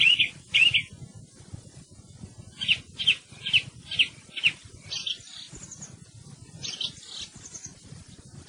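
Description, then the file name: Thrush song with a series of repeated sharp whistled notes roughly twice a second, then thinner high phrases; steady low rumble beneath. "TORDO"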